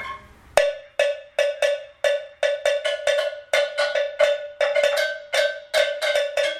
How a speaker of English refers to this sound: Now listen to it. It's like that. Right? But that is the bell. We play with the bell.